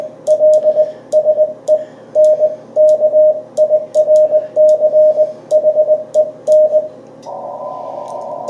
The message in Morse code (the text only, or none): LSE NK IRCHEN